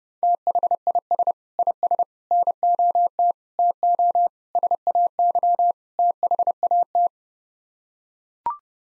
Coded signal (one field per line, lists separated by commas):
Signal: Morse code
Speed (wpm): 29 wpm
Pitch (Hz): 700 Hz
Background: none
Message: THIS IS NOT TO SAY THAT